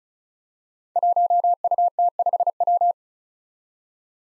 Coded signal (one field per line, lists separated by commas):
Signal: Morse code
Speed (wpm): 36 wpm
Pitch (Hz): 700 Hz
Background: none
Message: 1UT5W